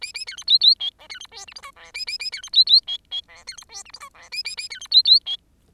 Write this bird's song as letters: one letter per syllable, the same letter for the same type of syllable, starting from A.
A A B C D D E F B C G H I J K A A A B C D D E E K B C G H I J K A A A B C D D E